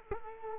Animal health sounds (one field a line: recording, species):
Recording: mosquito wingbeat signal from an infrared sensor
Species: Culex quinquefasciatus